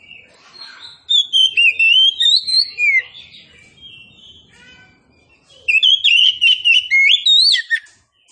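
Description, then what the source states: Oriental magpie-robin pouring out long, loud whistled phrases with slurred rising notes, pausing briefly before a second rich, energetic burst. Kacer poci, described as gacor, singing vigorously.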